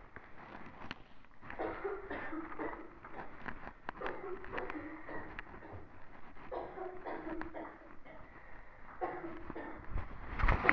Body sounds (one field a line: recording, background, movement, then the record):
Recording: deep breathing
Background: a bystander coughing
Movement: walking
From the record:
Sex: female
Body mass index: 36.4 kg/m2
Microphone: on the chest, facing the body